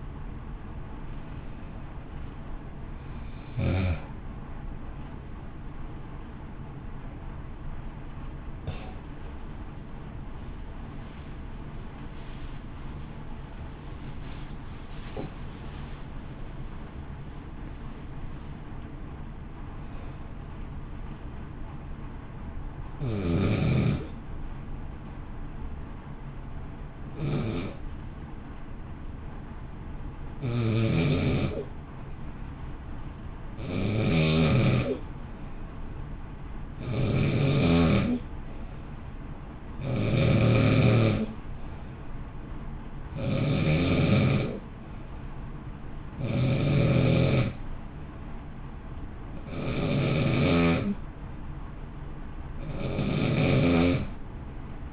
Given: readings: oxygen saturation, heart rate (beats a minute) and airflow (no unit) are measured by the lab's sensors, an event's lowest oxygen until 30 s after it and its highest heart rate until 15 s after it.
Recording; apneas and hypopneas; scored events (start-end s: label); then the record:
breathing in sleep by a smartphone at the bedside; 1
23.00-43.50 s: hypopnea (N1, oxygen 96% highest, then 90% lowest, heart rate 63 at the start, 63 highest)
From the record:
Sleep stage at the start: N1 (lightest sleep); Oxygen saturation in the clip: 90 to 96%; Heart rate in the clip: 53 to 66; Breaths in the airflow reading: 29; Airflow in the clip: -0.8 to 1.1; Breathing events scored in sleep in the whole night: 328 in 6.3 hours asleep